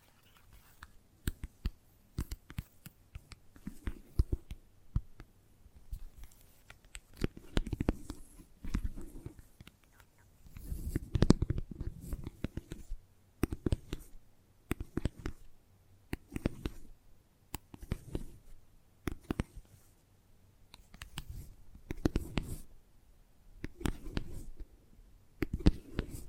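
Gentle tapping comes in uneven bursts of quick, sharp clicks, with soft low thumps beneath and brief quiet pauses between clusters throughout.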